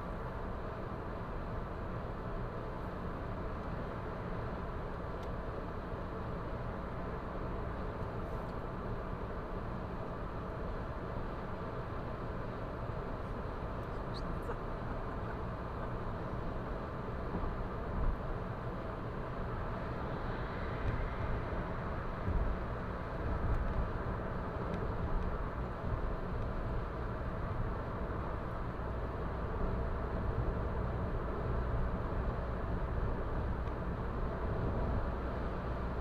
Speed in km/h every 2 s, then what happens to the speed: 106, 106, 106, 107, 107, 107, 107, 107, 108, 107, 107, 107, 107, 106, 106, 107, 107, 107.
0-36 steady at about 107.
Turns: none.